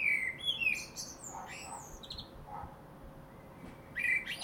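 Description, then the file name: Common blackbird song: short whistled phrases with squeaky high twitters, then softer low fluty notes, and a new phrase near the end; a steady faint hum runs throughout. "Turdus merula"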